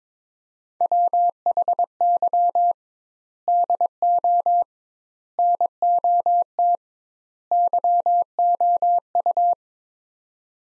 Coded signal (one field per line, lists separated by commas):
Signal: Morse code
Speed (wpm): 22 wpm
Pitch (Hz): 700 Hz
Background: none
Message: WHY DO NOT YOU